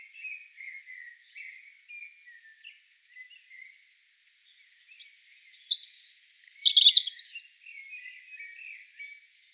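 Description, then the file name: European robin song: a loud burst of high, sparkling trills and thin whistles in the middle, framed by soft, wavering warbles before and after. "Erithacus rubecula"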